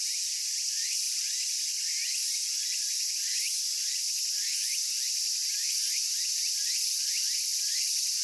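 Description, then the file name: Walker's cicada singing: a dense, buzzy, high-pitched drone with rapid repeated rising pulses, steady throughout, with no other clear sounds. "tsukutsukuboushi cry"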